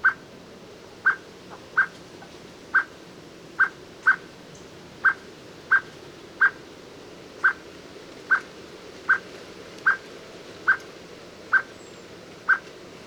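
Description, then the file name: Common blackbird repeating sharp, clipped chook notes about every three-quarters of a second, around fifteen in a row, with a quiet constant hiss behind. "Turdus merula"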